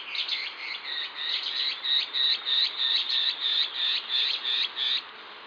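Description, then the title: Band-tailed antbird song, a steady series of about sixteen short whistled notes, delivered about three per second. "LuckyPassaro Completos2Sama. Band-tailed Antbird (Hypocnemoides maculicauda)"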